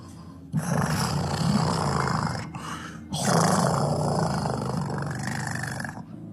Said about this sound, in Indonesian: Terdengar suara raungan semakin mendekat.